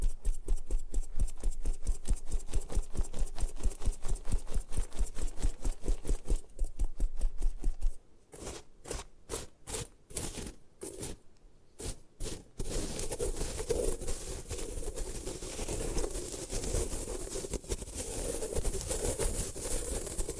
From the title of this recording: Destroy Gym Chalk